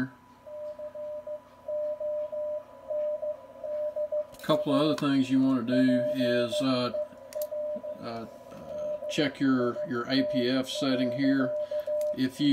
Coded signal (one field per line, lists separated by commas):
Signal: Morse code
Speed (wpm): 15 wpm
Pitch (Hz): 600 Hz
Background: speech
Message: CONDA PER DIT.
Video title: Yaesu FTDX3000 - CW Decode Function